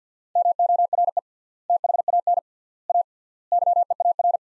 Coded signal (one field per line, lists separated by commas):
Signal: Morse code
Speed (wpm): 45 wpm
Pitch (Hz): 700 Hz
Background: none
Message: MORE THAN A YEAR